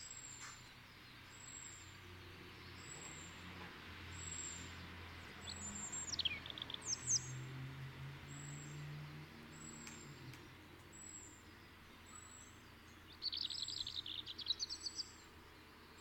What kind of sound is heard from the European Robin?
song